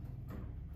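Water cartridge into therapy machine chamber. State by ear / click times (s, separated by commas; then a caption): not seated / none. A plastic water cartridge with two prongs at the top is handled at the chamber of an OrthoGold 100 softwave therapy machine, about to be slid in. Only low, steady rumbling handling noise is heard, with no speech. Nothing has seated or clicked yet.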